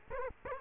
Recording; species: mosquito wingbeat signal from an infrared sensor; Culex quinquefasciatus